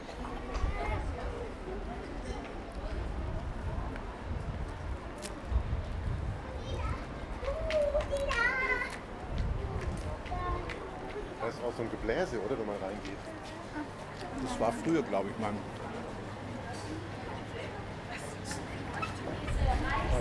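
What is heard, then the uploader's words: Street sounds in Ulm: overlapping voices chatter continuously, with children's calls and a steady low rumble running underneath throughout. Sounds of Ulm (Soundscapes meets Kulturradio).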